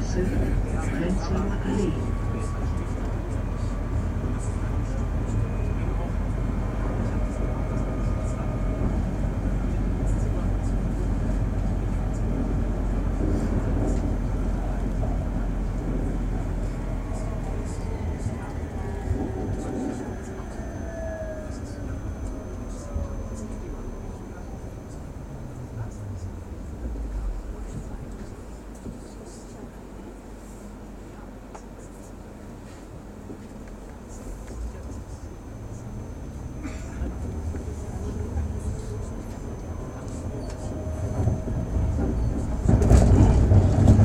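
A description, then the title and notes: Recorded aboard a tram, a steady low rumble and rattle fills the ride, easing into a quieter, smoother stretch around the middle as gliding tones rise and fall. Faint voices murmur in the background, and the rumble swells again near the end. Tramming it up on the M2 am Steinburg. Relaxing tram ride.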